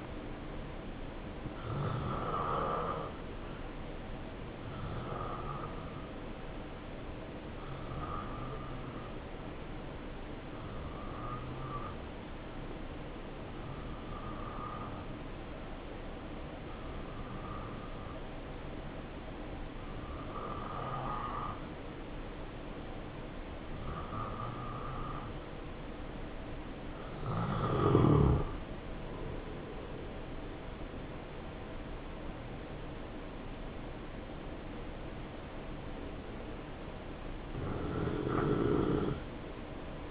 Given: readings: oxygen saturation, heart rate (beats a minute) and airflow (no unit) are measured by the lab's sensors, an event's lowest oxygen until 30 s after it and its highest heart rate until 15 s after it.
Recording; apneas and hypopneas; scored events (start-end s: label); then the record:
breathing in sleep by a voice recorder at the bedside; 1
9.00-29.00 s: hypopnea (N2, oxygen 88% highest, then 85% lowest, heart rate 66 at the start, 74 highest)
19.00-40.11 s: new sleep stage, N1 (lightest sleep)
From the record:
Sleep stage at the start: N2 (light sleep); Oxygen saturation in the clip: 86 to 89%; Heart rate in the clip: 66 to 74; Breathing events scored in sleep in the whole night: 277 in 7.4 hours asleep